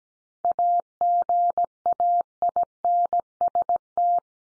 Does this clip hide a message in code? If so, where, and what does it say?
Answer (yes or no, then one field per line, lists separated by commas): yes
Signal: Morse code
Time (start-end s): 0.4-4.2 s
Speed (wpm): 17 wpm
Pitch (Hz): 700 Hz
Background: none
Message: AGAINST